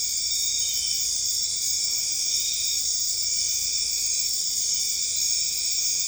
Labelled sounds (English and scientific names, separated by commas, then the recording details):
none
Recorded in dense forest near Puerto Asís, Putumayo, Colombia, on 26 December 2024 at 23:00
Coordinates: 0.485, -76.318
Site GP03